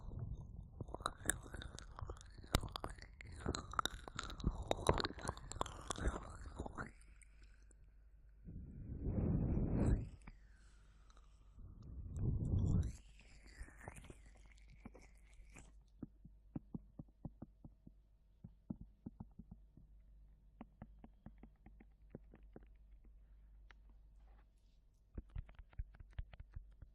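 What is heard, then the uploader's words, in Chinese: Ear massage with dense, crackling rubbing and scratching for the first seven seconds. Two heavier, muffled swipes follow around 9 and 12 seconds, with faint whistly tones. The rest thins into scattered soft clicks and taps, with a brief flurry near the end. 耳朵按摩特輯，無人聲。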